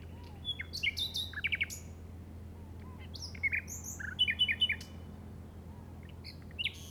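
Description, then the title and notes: Common nightingale song: varied phrases of sharp chirps, whistled notes and rapid repeated clicks in bursts, with pauses between phrases and a low steady hum beneath. Recorded in the Llobregat Delta at 06:00 on 8 May 2015 with a Zoom recorder. "Grabación de ruiseñor común (Luscinia megarhynchos) en el Delta del Llobregat a las 06:00 del 08/05/2015."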